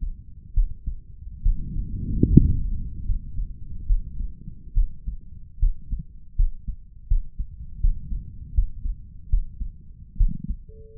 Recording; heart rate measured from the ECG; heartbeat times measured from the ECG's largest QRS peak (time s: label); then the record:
heart sounds by stethoscope; 75 bpm
0.53 s: heartbeat
1.42 s: heartbeat
2.30 s: heartbeat
3.05 s: heartbeat
3.86 s: heartbeat
4.74 s: heartbeat
5.59 s: heartbeat
6.35 s: heartbeat
7.07 s: heartbeat
7.80 s: heartbeat
8.54 s: heartbeat
9.29 s: heartbeat
10.17 s: heartbeat
From the record:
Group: healthy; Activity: rest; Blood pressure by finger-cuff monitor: 155/95 mmHg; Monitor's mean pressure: 114 mmHg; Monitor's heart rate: 75 bpm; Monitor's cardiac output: 5.7 L/min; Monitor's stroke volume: 77 mL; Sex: male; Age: 35 years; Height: 178 cm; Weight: 64 kg